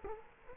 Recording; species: mosquito wingbeat signal from an infrared sensor; Culex quinquefasciatus